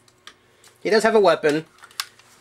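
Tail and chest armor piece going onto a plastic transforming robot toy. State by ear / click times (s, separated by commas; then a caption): seated / 2.0 s. A plastic tail and chest armor piece are attached to a 1990s transforming robot toy while someone talks. Faint taps and handling noises surround the speech, and a sharp click at 2.0 s marks the pieces clicking into place.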